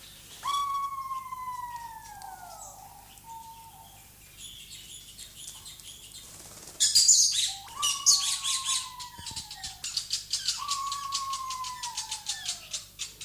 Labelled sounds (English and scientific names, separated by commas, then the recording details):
Diamond Dove (Geopelia cuneata) courtship call
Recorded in captivity
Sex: diverse
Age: adult
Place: Zoo Berlin, Berlin, DE
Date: 2004-04-22 16:48
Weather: sunny, 22-24°C
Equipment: Fair Mate ST-1328 (Asahi Electronics, Japan), Sennheiser ME 80, Kopie Uher 4000 Report Monitor
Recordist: Tembrock, Günter